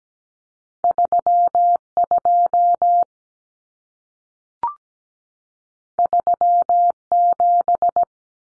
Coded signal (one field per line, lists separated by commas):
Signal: Morse code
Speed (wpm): 17 wpm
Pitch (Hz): 700 Hz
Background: none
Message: 32 37